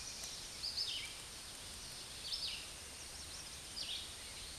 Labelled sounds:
Red-eyed Vireo (Vireo olivaceus) song
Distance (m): 40 m
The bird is about 25 m above the microphone
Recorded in a Pennsylvania forest on 16 May 2024 at 09:26
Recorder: AudioMoth, point MSD-2304
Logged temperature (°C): 16.0 °C
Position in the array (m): 197 m, 191 m

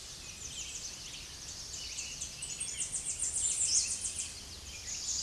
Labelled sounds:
Tennessee Warbler (Leiothlypis peregrina) song
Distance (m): 25 m
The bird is about 5 m above the microphone
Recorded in a Pennsylvania forest on 16 May 2024 at 07:41
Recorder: AudioMoth, point MSD-2112
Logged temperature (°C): 16.3 °C
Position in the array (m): 40 m, 200 m

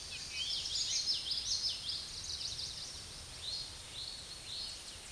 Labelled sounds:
Common Yellowthroat (Geothlypis trichas) song
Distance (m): 30 m
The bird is about 10 m above the microphone
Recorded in a Pennsylvania forest on 16 May 2024 at 07:17
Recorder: AudioMoth, point MSD-2304
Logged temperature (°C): 16.0 °C
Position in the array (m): 233 m, 174 m

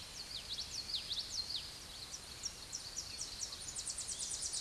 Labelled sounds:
Tennessee Warbler (Leiothlypis peregrina) song
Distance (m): 20 m
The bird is about level with the microphone
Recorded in a Pennsylvania forest on 16 May 2024 at 07:24
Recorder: AudioMoth, point MSD-1892
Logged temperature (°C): 14.5 °C
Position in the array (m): 91 m, 79 m

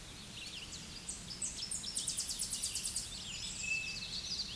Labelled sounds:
Tennessee Warbler (Leiothlypis peregrina) song
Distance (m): 20 m
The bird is about 5 m below the microphone
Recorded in a Pennsylvania forest on 16 May 2024 at 07:45
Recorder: AudioMoth, point MSD-2039
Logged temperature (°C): 15.0 °C
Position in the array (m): 82 m, 73 m

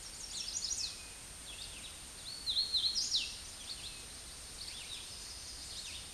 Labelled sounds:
Hooded Warbler (Setophaga citrina) song
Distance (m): 20 m
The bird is about 10 m above the microphone
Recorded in a Pennsylvania forest on 16 May 2024 at 08:25
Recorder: AudioMoth, point MSD-0398
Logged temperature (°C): 16.4 °C
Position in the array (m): 165 m, 94 m

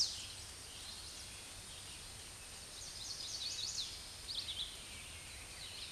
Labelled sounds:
Chestnut-sided Warbler (Setophaga pensylvanica) song
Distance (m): 15 m
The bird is about 5 m above the microphone
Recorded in a Pennsylvania forest on 16 May 2024 at 06:43
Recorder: AudioMoth, point MSD-0665
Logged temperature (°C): 16.1 °C
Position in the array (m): 75 m, 104 m

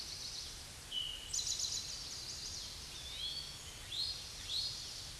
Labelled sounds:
Eastern Towhee (Pipilo erythrophthalmus) song
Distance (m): 25 m
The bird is about level with the microphone
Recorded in a Pennsylvania forest on 16 May 2024 at 07:17
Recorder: AudioMoth, point MSD-1342
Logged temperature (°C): 15.5 °C
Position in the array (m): 247 m, 167 m

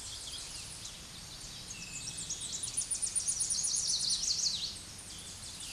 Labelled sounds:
Tennessee Warbler (Leiothlypis peregrina) song
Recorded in a Pennsylvania forest on 16 May 2024 at 07:59
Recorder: AudioMoth, point MSD-0521
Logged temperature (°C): 15.8 °C
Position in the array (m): 69 m, 60 m

